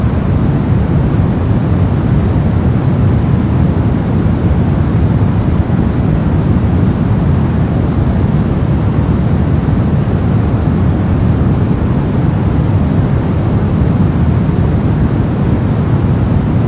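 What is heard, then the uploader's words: A steady white noise runs unchanged for the whole stretch, a dense, even rush with no breaks or events. It leans low and full, with a deep rumbling body like an engine drone, and a thinner, softer hiss on top. Calming, Consistent White Noise for Sleep. Fan sounds.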